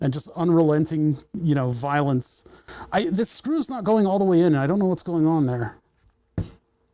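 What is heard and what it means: A screw going into a sim rig part sticks and will not go all the way in while someone talks. After a quiet stretch, a single sharp hit at 6.4 s marks the screw seating fully, as the part had not been seated properly before.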